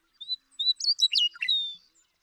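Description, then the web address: Western meadowlark singing a short flutey phrase: two whistled notes, a rapid warbling jumble, and a final long, clear whistle that fades out. "birdsongforthecurious Western Meadowlark"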